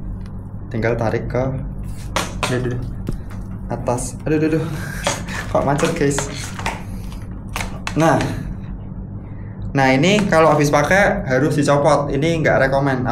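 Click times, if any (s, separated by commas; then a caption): 7.6 s. A glove strap loop is pulled upward out of the handle lock of a trekking pole after the release button is pressed. It sticks at first, then comes free with a loud click at 7.6 s. Someone talks throughout.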